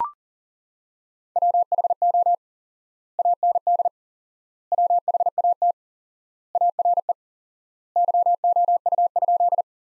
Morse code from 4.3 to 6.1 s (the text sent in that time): WHAT